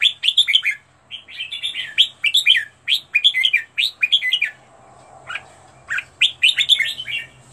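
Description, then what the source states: Red-whiskered bulbul song: quick, lilting phrases of three or four chirpy notes, delivered in a steady series with a short gap before the final run. Recording used for training bulbuls to sing; 15 standard song styles.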